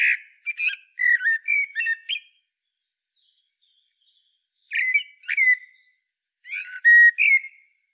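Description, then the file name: Common blackbird song: three bursts of mellow fluted whistles ending in squeaky high twitters, with a long pause after the first. "Turdus merula"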